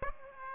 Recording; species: mosquito wingbeat signal from an infrared sensor; Aedes aegypti